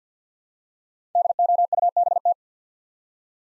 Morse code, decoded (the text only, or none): DOUBT